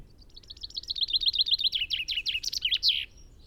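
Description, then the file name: Common chaffinch song: one full phrase of quick repeated bright notes sliding downward, ending in an emphatic flourish. "Fringilla coelebs"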